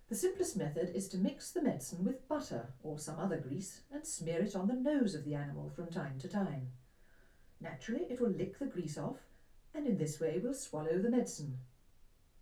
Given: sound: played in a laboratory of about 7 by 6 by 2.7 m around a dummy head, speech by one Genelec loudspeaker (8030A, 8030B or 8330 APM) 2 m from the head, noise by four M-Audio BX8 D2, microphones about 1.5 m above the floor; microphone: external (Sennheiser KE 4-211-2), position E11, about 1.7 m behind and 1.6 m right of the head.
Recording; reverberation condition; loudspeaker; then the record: female speech in English; low; 120 degrees to the left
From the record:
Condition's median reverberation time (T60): about 310 ms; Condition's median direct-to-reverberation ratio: about 3.5 dB